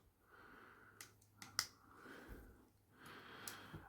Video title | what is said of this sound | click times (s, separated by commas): VID 940 Transformers ROTB Leader Class Optimus Primal | And it should all go into there and lock into place. | 1.6 s